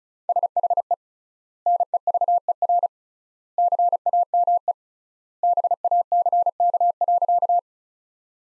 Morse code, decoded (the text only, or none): SHE NEVER CAME BACK.